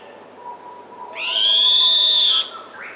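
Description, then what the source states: Northern scrub robin giving a single long, drawn-out high whistle, steady in pitch, lasting over a second, over faint background hiss. Papua New Guinea.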